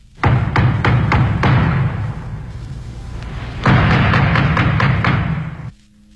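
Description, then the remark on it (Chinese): Two bursts of heavy knocking on the door of grandmother's house, each a quick run of about six loud, booming thuds, separated by a pause of roughly two seconds, with no voices. “就在此时， 狼却直接跑到外婆家，敲了敲门。”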